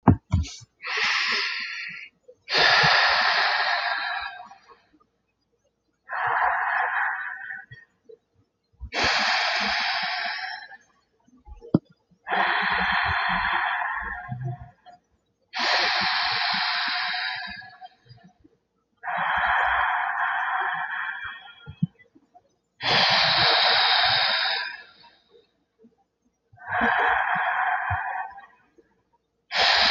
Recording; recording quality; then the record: deep breathing; excellent, no background noise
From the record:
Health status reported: healthy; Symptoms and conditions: hypertension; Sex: male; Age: 35 years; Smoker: yes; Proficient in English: yes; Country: United States